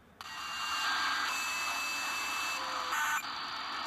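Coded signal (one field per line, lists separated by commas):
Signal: ACARS aircraft data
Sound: sudden harsh buzzing hiss burst lasting several seconds with faint whistling tones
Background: radio static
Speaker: we want to pick up bleeps like this because that's how a caste transmits the messages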